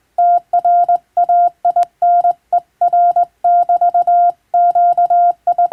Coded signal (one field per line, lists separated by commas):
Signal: Morse code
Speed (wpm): 19 wpm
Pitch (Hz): 700 Hz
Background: none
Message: TRAINER<BT>QI